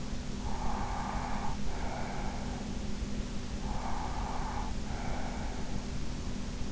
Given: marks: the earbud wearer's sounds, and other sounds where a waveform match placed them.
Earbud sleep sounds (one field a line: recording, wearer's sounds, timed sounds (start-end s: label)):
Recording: sounds in sleep by an in-ear microphone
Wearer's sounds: breath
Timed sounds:
0.26-2.61 s: breath
3.58-5.81 s: breath